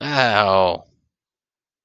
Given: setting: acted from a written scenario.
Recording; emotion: vocal sound without words; pain